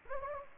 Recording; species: mosquito wingbeat signal from an infrared sensor; Anopheles gambiae